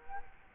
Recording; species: mosquito wingbeat signal from an infrared sensor; Culex quinquefasciatus